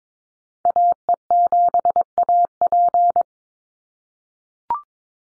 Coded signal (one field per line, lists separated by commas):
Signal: Morse code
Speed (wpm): 22 wpm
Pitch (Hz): 700 Hz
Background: none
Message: AE7AP